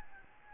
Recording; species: mosquito wingbeat signal from an infrared sensor; Aedes albopictus